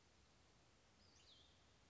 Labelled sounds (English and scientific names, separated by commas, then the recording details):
Cassin's Vireo (Vireo cassinii)
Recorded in Sonoma County, California